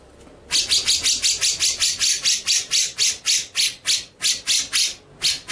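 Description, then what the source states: White-rumped shama with a fast series of grating, rasping notes, slightly uneven in rhythm, starting after a quiet moment. Masteran (training) song; full ngerol and nembak song styles.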